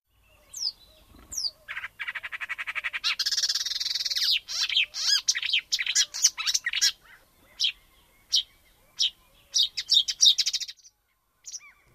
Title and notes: Viikon luontoääni: Luhtakerttunen. Viikon luontoäänen esitteli Juha Laaksonen